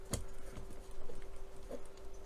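A plastic reinforcement brace, part 29A, is pressed over the top of the main frame of an AH-64 Apache helicopter model. It gives a sharp click at 0.1 s, followed by faint ticks and handling noise over a steady low hum. The brace seats in place.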